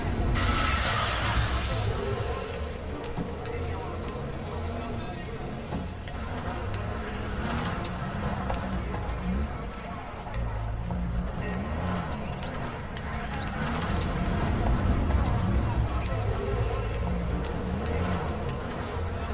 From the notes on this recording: automobiles, trucks, construction equipment, mopeds and motorcycles, buses, street sounds and a variety of police and ambulance sirens